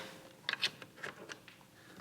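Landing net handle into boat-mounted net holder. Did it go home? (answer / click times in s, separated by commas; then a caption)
yes / 0.5 s. A landing net handle slides into a net holder mounted on a Ranger 680 boat and latches, with a sharp hit at 0.5 s as it locks into place. Smaller knocks follow at about 0.6, 0.8, 1.3 and 1.5 s over a quiet background.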